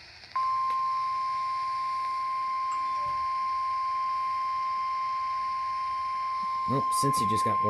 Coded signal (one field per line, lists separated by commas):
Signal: Emergency Alert System (SAME) tones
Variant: 1050 Hz attention tone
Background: speech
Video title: Severe Thunderstorm Warning #3 (EAS #101)